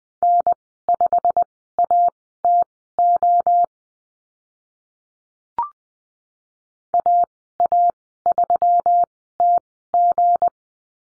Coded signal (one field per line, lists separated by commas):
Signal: Morse code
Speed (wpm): 20 wpm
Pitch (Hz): 700 Hz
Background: none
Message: N5ATO AA3TG